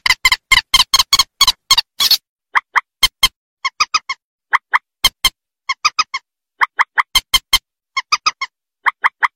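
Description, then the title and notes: Rail giving harsh, nasal clucking notes, first in a fast rattling burst, then in short evenly spaced pairs and triplets with brief gaps between them. "Kicau Burung Mandar"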